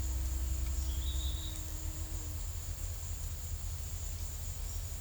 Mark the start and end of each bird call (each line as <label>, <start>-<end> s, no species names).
bird call, 0.56-1.79 s